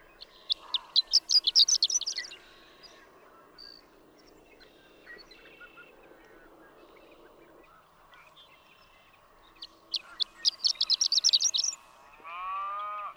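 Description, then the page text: Horned lark singing twice, each time a quick burst of high stuttered notes running into a tinkling flourish, separated by a quiet gap. Daytime intermittent singing among cattle, a few stuttered notes rising to a rapid slurred flourish; Marble Hot Springs Road, Sierra Valley, California, 7 June 2001. "Horned lark. Daytime "intermittent singing," a few stuttered notes that rise to a rapid, slurred flourish, with cattle. June 7, 2001. Marble Hot Springs Road, Sierra Valley, California."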